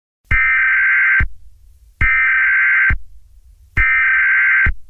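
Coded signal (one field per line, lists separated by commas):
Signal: Emergency Alert System (SAME) tones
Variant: header bursts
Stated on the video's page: Fictional EAS scenario for extreme heat, simulated rather than a real alert.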